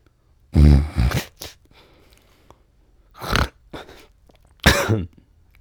Male snores various snores close up.